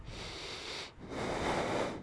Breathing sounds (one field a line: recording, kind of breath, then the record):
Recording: one breath in and out by a microphone near the nose and mouth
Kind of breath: deep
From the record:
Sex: male